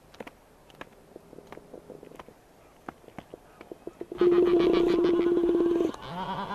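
Black-browed albatross calling: scattered soft clicks and knocks, then a loud, even, nasal drawn-out note of nearly two seconds, with a lower wavering sound after it.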